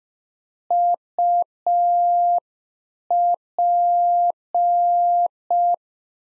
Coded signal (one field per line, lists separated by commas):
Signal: Morse code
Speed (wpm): 5 wpm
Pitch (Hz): 700 Hz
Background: none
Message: UP